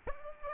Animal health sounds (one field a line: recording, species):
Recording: mosquito wingbeat signal from an infrared sensor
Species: Aedes aegypti